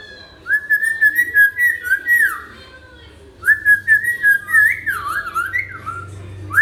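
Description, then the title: Hill myna delivering two long runs of fluctuating whistles, the second more varied with rising and falling swoops. Actively singing hill myna, recording intended as a tutor for training other birds. "Suara Burung Beo Gacor Cocok Untuk Masteran"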